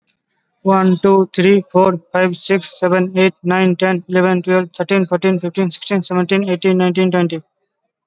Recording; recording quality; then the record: counting at a fast pace; excellent, no background noise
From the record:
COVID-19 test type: RT-PCR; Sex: male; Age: 19 years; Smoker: no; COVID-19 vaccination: both doses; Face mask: worn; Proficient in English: yes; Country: India